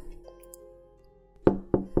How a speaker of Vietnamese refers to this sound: Tiếng gõ cửa lớn lại vang lên, khiến cho ánh giật mình.